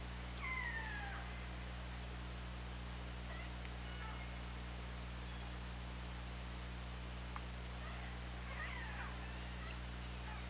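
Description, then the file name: Killer whale call: one clear falling, harmonic cry near the start, then fainter scattered calls and a short burst near the end, over constant low hum. Recorded on the OrcaLab hydrophone, 24 August 2017, at 20:23. "Orca Lab 20170824 202334"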